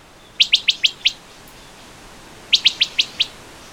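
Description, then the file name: Wood thrush call notes: two quick bursts of five sharp, clipped pit notes, each burst lasting under a second, separated by a pause; otherwise quiet. "wood thrush call-notes by andrew spencer"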